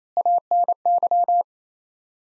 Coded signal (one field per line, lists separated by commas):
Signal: Morse code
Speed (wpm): 28 wpm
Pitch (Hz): 700 Hz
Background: none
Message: ANY